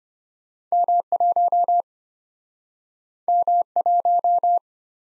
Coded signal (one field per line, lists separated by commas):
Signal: Morse code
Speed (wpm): 34 wpm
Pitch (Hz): 700 Hz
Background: none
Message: M1 M1